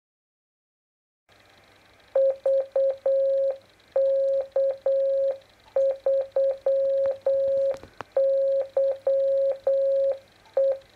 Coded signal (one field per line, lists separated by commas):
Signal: Morse code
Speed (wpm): 8 wpm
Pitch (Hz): 540 Hz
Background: none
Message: VK3YE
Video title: Tests with a QRPP 50 MHz CW beacon